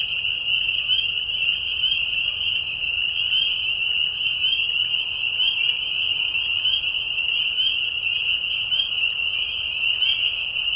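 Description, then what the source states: Spring peeper chorus, a continuous wall of high, piercing peeps from many frogs blending together, steady in loudness from start to finish. Several spring peepers in a marsh at night during a short spring breeding season, giving mating calls as high whistles at low volume; Tiny Marsh Conservation Area, Tiny, Ontario.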